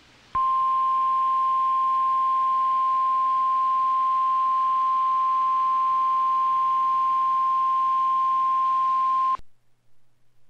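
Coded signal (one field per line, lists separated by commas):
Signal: Emergency Alert System (SAME) tones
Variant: 1050 Hz attention tone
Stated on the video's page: Severe thunderstorm and high wind warnings on NOAA Weather Radio, with radar displays.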